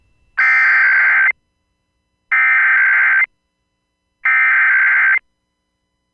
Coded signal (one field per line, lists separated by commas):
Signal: Emergency Alert System (SAME) tones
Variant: header bursts